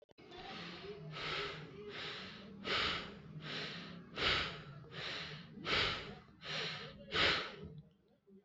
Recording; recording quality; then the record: shallow breathing; excellent, no background noise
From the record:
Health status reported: healthy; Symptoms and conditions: none ticked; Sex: male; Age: 39 years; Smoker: not ticked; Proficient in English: yes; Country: India